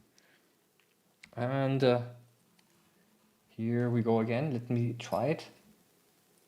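A small 3D-printed plastic spacer for dry-mounted microscope slides, such as crystals, is handled over a microscope slide, ready to be pressed into place. Someone talks in two bursts while faint, soft clicks and handling taps sound at about 0.2, 0.8, 1.2 and 2.6 seconds. The clip ends before the spacer goes in, so nothing has seated or locked into place yet.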